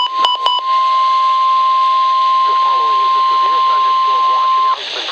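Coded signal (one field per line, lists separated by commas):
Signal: Emergency Alert System (SAME) tones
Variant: 1050 Hz attention tone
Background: speech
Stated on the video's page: Two severe thunderstorm warnings from weather service offices, recorded from a Midland WR-100 and a Radioshack 12-993 weather radio.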